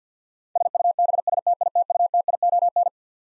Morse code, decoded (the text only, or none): SUBSTITUTION